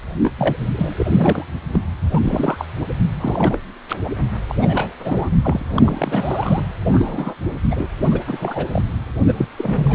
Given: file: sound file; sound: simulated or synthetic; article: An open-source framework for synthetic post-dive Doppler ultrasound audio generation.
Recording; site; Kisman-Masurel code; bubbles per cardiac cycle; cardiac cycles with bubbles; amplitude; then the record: Doppler ultrasound audio after a dive; precordial; 342; rolling drumbeat, over 9; 100%; moderate amplitude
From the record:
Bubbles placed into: full cardiac cycles